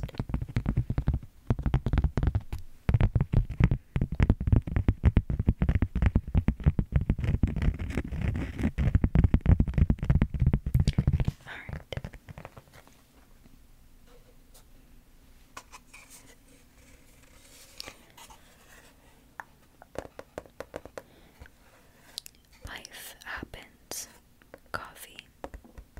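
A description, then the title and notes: Dense tapping and scratching on wood and cork fill the first eleven seconds, rapid and fairly loud with a warm, low body. After that it turns quieter and sparser: light scratches and occasional crisp taps over a faint steady hum. ASMR Wooden And Cork Triggers (tapping & scratching).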